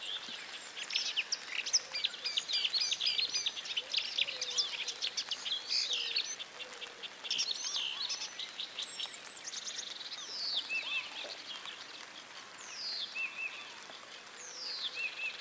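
Ambience with several birds singing at once, a dense, busy chorus of bright chirps and twittering trills through the first half. After about ten seconds it thins to clearer, repeated downward-sliding whistles over a soft, steady background hiss.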